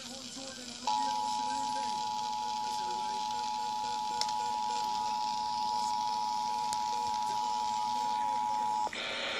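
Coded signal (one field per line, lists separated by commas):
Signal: Emergency Alert System (SAME) tones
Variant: 853 and 960 Hz attention tone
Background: speech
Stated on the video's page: EAS required monthly test in Illinois, received on TV cable boxes and FM radio.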